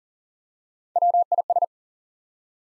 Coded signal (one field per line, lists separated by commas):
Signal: Morse code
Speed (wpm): 40 wpm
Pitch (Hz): 700 Hz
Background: none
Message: WIS